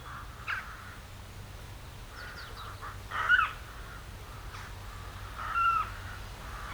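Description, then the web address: Western jackdaw calls, a few short squeaky chacks spaced a couple of seconds apart over a low steady hum. "Effects 02-Birds, Insects Animals. Birds Crown Jackdaws"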